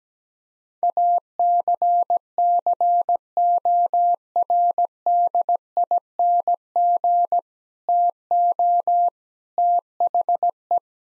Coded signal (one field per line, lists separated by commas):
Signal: Morse code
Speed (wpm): 17 wpm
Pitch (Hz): 700 Hz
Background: none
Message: ACCORDING TO THE